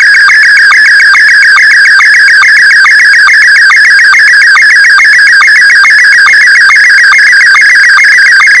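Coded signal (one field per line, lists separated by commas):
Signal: SSTV (slow-scan television)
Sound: warbling, chirping tone with rapid regular ticks, continuous like a scanning image signal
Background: radio static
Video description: SSTV image decoded with MMSSTV (no VAC required).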